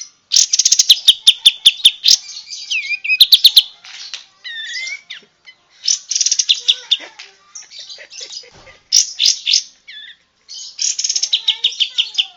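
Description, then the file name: Bulbul song in bursts of fast, sharp ticking notes mixed with short whistled slurs and chirps, separated by brief gaps of quiet. Lure recording used to attract birds. "suara pancingan kapas tembak"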